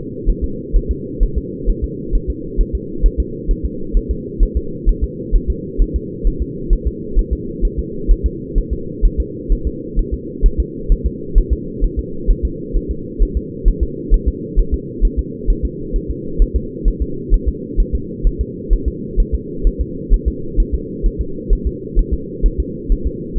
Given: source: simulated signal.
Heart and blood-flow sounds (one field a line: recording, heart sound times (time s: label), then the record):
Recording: fetal heart sounds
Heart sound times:
0.30 s: S1
0.44 s: S2
0.76 s: S1
0.91 s: S2
1.23 s: S1
1.38 s: S2
1.70 s: S1
1.84 s: S2
2.15 s: S1
2.30 s: S2
2.61 s: S1
2.75 s: S2
3.06 s: S1
3.20 s: S2
3.51 s: S1
3.65 s: S2
3.97 s: S1
4.11 s: S2
4.43 s: S1
4.57 s: S2
4.89 s: S1
5.04 s: S2
5.36 s: S1
5.50 s: S2
5.82 s: S1
5.96 s: S2
6.27 s: S1
6.42 s: S2
6.73 s: S1
6.87 s: S2
7.19 s: S1
7.33 s: S2
7.65 s: S1
7.79 s: S2
8.12 s: S1
8.26 s: S2
8.58 s: S1
8.73 s: S2
9.05 s: S1
9.20 s: S2
9.52 s: S1
9.67 s: S2
9.99 s: S1
10.14 s: S2
10.46 s: S1
10.60 s: S2
10.92 s: S1
11.07 s: S2
11.38 s: S1
11.53 s: S2
11.84 s: S1
11.99 s: S2
12.31 s: S1
12.45 s: S2
12.77 s: S1
12.91 s: S2
13.23 s: S1
13.37 s: S2
13.68 s: S1
13.83 s: S2
14.14 s: S1
14.28 s: S2
14.59 s: S1
14.74 s: S2
15.05 s: S1
15.19 s: S2
15.50 s: S1
15.65 s: S2
15.96 s: S1
16.11 s: S2
16.42 s: S1
16.56 s: S2
16.88 s: S1
17.02 s: S2
17.34 s: S1
17.49 s: S2
17.80 s: S1
17.95 s: S2
18.27 s: S1
18.41 s: S2
18.73 s: S1
18.88 s: S2
19.20 s: S1
19.35 s: S2
19.67 s: S1
19.81 s: S2
20.14 s: S1
20.28 s: S2
20.60 s: S1
20.75 s: S2
21.06 s: S1
21.21 s: S2
21.53 s: S1
21.67 s: S2
21.99 s: S1
22.14 s: S2
22.46 s: S1
22.60 s: S2
22.92 s: S1
23.07 s: S2
23.39 s: S1
From the record:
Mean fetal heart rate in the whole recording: 130 bpm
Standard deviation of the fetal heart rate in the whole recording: 2 bpm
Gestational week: 38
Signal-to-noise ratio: -4.3 dB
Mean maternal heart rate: 72 bpm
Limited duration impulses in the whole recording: absent